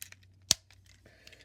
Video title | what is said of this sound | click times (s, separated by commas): Transformers Studio Series 86 Voyager Class Constructicon Mixmaster Review | So, you're going to want to fold the arms up and they will just click into place. | 0.5 s